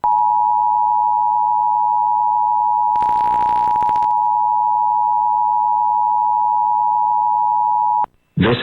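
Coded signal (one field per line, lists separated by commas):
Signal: Emergency Alert System (SAME) tones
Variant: 853 and 960 Hz attention tone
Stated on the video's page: Monthly EAS test on a cable TV system, recorded to VHS, with text-to-speech.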